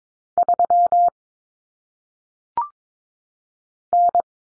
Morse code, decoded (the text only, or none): 3 N